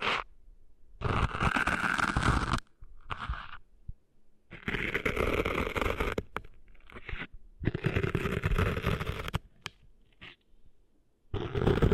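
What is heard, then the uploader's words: Sand being cleaned out of an ear, heard very close: loud, gritty crunching and scraping bursts of a second or two, separated by near-silent pauses. Bursts come at about 1, 3, 4.5 to 6.5, 7.5 to 9.5, and 11 seconds, each rough and rustling, with brief sharp clicks between. ASMR Cleaning Sand Out of Your Ears (No Talking).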